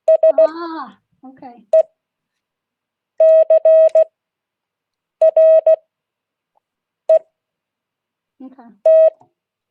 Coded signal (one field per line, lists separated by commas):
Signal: Morse code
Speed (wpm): 16 wpm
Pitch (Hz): 640 Hz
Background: speech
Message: SECRET